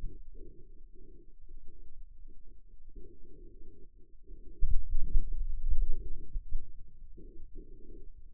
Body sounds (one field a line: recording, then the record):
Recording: forearm muscle sounds (acoustic myography)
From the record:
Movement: finger pinch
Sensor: system 2, bracelet of six BSWA MPA416 microphones around the upper forearm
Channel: 5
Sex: male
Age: 22 years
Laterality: right